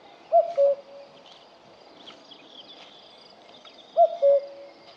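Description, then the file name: Common cuckoo giving its two-note cu-coo, the second note lower; the call sounds twice, about three and a half seconds apart, with faint insect-like hiss behind. "cuco cuculus canorus"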